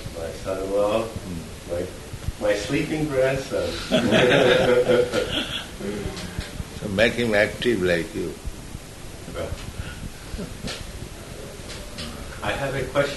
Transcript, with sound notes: My son-in-law. My sleeping grandson. [laughter]
So make him active like you.
I have a question.